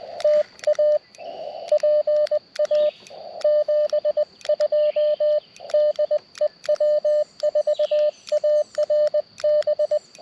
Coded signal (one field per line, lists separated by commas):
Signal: Morse code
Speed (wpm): 20 wpm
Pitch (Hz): 590 Hz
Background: radio noise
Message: TA PA 72 DE W4ARB